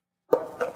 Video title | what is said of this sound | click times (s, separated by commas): 2016-2022 Toyota Prius Hybrid Battery Rebuild with New Cells | So you just kind of popped into place. | 0.3 s